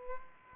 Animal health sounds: mosquito wingbeat signal from an infrared sensor; Culex pipiens

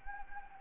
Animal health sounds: mosquito wingbeat signal from an infrared sensor; Anopheles gambiae

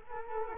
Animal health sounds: mosquito wingbeat signal from an infrared sensor; Culex quinquefasciatus

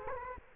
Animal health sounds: mosquito wingbeat signal from an infrared sensor; Culex quinquefasciatus

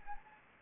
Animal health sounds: mosquito wingbeat signal from an infrared sensor; Anopheles gambiae

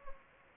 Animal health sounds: mosquito wingbeat signal from an infrared sensor; Anopheles gambiae

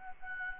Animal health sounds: mosquito wingbeat signal from an infrared sensor; Aedes albopictus

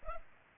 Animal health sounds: mosquito wingbeat signal from an infrared sensor; Culex pipiens

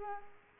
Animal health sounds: mosquito wingbeat signal from an infrared sensor; Culex quinquefasciatus

